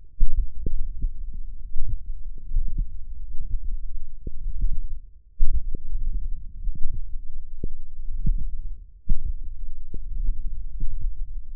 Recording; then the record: forearm muscle sounds (acoustic myography)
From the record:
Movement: hook grip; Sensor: system 1, eight BSWA MPA416 microphones around the upper forearm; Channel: 5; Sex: female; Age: 21 years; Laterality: right